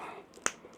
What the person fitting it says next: There we go, pops right in.